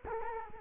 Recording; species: mosquito wingbeat signal from an infrared sensor; Culex quinquefasciatus